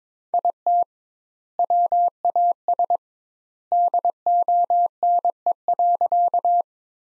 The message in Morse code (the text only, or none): IT WAS DONE.